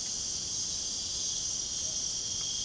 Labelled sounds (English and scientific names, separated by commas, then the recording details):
none
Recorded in pastures near Puerto Asís, Putumayo, Colombia, on 27 June 2025 at 22:30
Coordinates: 0.497, -76.327
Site G040